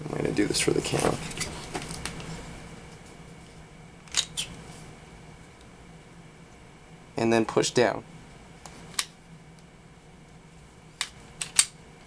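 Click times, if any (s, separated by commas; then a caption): none. Someone talks while handling a Sig SP2022 pistol during reassembly after replacing its plastic guide rod, lining up the slide to push the takedown lever down into the frame. Short handling taps and clacks are heard through the clip. The takedown lever has not clicked into place yet; nothing has seated.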